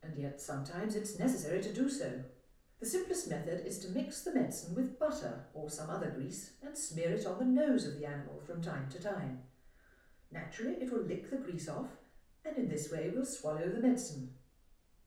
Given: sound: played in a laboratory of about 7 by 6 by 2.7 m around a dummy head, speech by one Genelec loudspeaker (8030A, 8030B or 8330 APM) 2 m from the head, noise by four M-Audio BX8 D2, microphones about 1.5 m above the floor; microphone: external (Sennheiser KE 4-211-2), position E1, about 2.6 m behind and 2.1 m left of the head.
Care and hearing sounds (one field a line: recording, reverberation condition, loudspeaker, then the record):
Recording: female speech in English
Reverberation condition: medium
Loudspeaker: 90 degrees to the right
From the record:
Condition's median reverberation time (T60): about 510 ms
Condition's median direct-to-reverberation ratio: about -0.5 dB